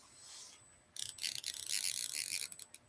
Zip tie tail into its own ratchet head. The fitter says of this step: can you hear the click